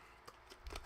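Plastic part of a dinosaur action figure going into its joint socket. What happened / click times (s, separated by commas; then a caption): The plastic part snapped into its socket / 0.8 s. A hard plastic Spinosaurus part of a dinosaur action figure is pushed home into its joint socket on a second try. A few short plastic ticks and handling noises lead up to a sharp click at 0.8 s as the part seats in place.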